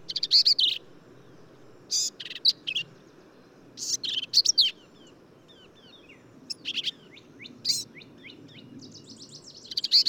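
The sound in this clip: Black-capped vireo: rapid, scratchy high phrases in short bursts, with faint softer chips in the gaps and a low background hiss.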